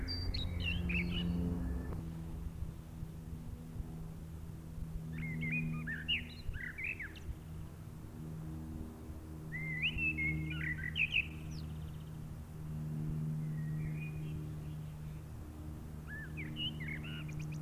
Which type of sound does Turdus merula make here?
song